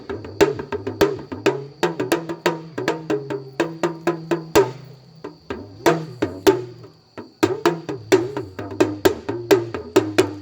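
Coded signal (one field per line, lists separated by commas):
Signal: talking drum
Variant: Yoruba dùndún, oriki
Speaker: That's what we call talking drum, oriki.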